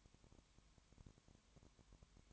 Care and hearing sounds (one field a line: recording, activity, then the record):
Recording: daily activity, microphone in the room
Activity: no activity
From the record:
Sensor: 3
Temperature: 20.2 degrees Celsius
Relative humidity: 31.4%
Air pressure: 1001.3 hPa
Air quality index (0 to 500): 75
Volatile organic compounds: 1 ppm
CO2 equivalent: 698 ppm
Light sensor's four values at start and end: 2/3/2/2 and 2/3/2/2